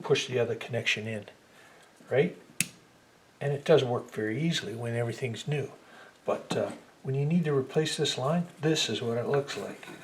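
Someone talks while the other half of a Ford F150 (6R80) transmission cooler line is pushed into its quick connect fitting. A single sharp snap is heard at 2.6 s as the line clicks in and seats, and the connection goes together easily when the parts are new.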